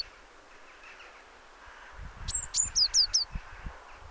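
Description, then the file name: Eurasian blue tit giving a brief series of five high, thin, down-slurred notes partway through, over a noisy low rumble. "Cyanistes caeruleus"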